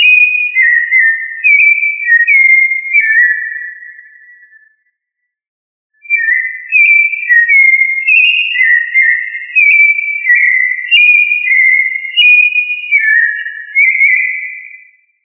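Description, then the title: Thrush song: clear whistled phrases of short slurred notes alternating between higher and lower pitches, a pause of about a second, then a longer run of varied whistles. "Familia Turdidae - Sabia"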